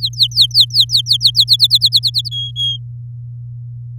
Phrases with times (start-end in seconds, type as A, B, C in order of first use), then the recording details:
0.00-1.56 A, 1.59-2.29 B, 2.31-2.78 C. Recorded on 4 May 2018 at 06:08. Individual llb16